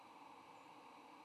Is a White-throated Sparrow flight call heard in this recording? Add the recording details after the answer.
yes. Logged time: 09:36 on 8 November 2014